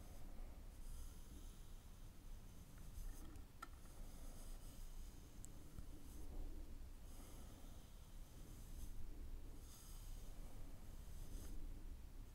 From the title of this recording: Mic & Face Brushing